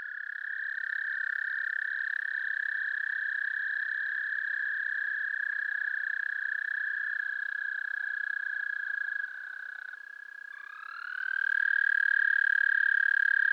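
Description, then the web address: American toad trilling: a long, steady, high musical trill held for most, then a second trill begins, rising slightly in pitch before levelling off. "Dan Gibson Wildlife Identification By Sound, Eastern North America Pt 1. American Toad"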